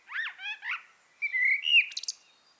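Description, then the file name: Common blackbird song: one brief phrase of looping, melodious whistles that ends in a thin, high-pitched twitter. "Turdus merula"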